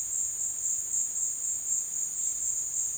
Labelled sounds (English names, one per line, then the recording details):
none
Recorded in secondary vegetation near Puerto Asís, Putumayo, Colombia, on 22 June 2025 at 15:30
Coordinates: 0.485, -76.322
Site GP06